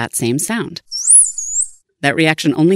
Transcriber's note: dolphin whistle sound